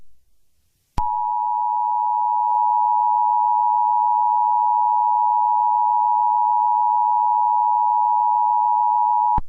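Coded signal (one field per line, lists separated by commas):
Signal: Emergency Alert System (SAME) tones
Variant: 853 and 960 Hz attention tone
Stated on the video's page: Fictional EAS scenario about a civil war in Florida; simulated alert, not real.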